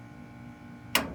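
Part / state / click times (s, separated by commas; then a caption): screw into a threaded standoff on a server board / seated / 0.9 s. A screw in a threaded standoff on a server board is turned counterclockwise a full turn again, and its thread start drops in with a single sharp click at 0.9 s above a faint steady background. The threads line up, the screw is seated at its start, and it now goes in easily.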